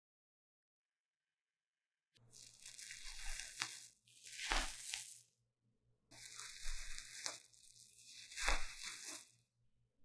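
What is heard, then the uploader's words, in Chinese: Deep cleaning of microphone ears: after two seconds of silence, bright scratchy rubbing and crinkling comes in two long passes, each with a low hum. 麥克風耳朵深度清潔。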